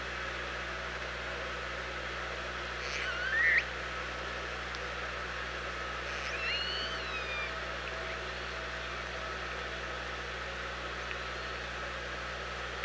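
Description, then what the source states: Orca call: one short, sharply rising upswept call near the start, then fainter thin sweeping tones a few seconds later, over steady underwater hiss and a low hum. OrcaLab, 24 August 2017, about 07:44.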